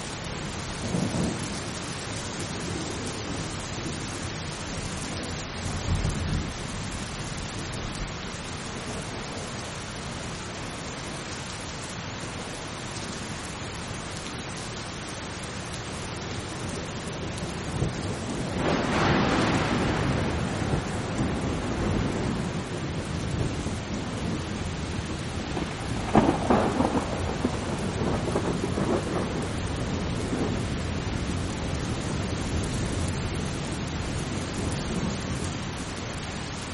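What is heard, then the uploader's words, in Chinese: Steady rain falls in a thunderstorm, a dense, even hiss that fills the whole clip. Low rumbles swell around 1 and 6 seconds, a louder roll of thunder builds near 19 seconds, and a crack lands around 26 seconds before the rain settles again. 助眠雷雨声平静的雨。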